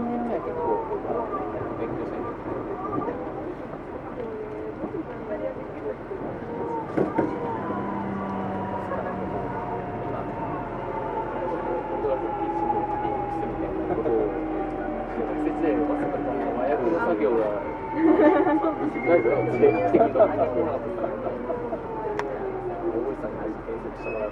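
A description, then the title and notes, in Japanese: A Tokyu 2000 series train runs between Shibuya and Azamino, its motor tones sliding up and down in long whining lines. A steady rumble fills the whole clip, with a louder passage near eighteen seconds and faint voices underneath. 東急2000系 渋谷〜あざみ野。急行運用を録音。ステンレス鋼製20m級軽量車体の4扉車である。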